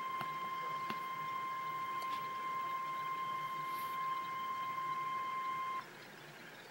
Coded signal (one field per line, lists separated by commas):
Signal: Emergency Alert System (SAME) tones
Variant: 1050 Hz attention tone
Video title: Turn your volume down REAL EAS 843-SVA